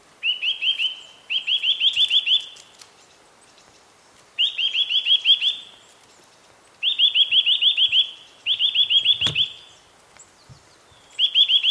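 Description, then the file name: Eurasian nuthatch calling in fast trilled bursts, each a rapid series of bright piping notes, repeated with pauses; a sharp click midway. "Sitta europaea"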